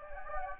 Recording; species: mosquito wingbeat signal from an infrared sensor; Anopheles gambiae